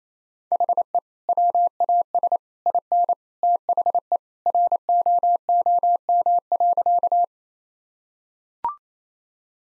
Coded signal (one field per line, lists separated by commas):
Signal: Morse code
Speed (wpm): 28 wpm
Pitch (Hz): 700 Hz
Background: none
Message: HE WAS IN THE ROOM.